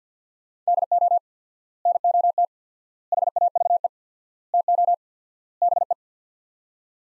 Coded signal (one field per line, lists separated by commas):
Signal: Morse code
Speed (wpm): 49 wpm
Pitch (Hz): 700 Hz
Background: none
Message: DO NOT HAVE TO BE